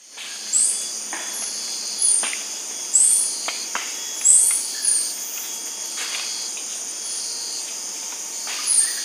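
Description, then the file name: Bird giving several short, very high rising notes at irregular intervals, with faint clicks and a constant shrill insect drone beneath. "SABIOD 50 bird 2015"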